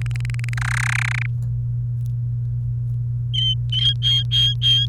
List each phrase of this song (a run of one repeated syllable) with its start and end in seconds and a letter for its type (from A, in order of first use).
0.01-0.54 A, 0.57-1.26 B, 3.33-4.86 C